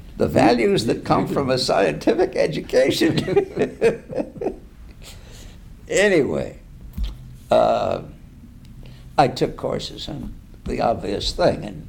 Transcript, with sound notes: The values that come from a scientific education. [laughs] Anyway, I took courses in the obvious thing: